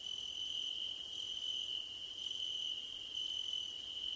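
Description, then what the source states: Crickets trilling continuously at a high pitch, joined by a softer, higher chirp that repeats roughly once a second. Cricket chorus recorded at night under a starlit sky, presented as nighttime ambience for sleep and relaxation.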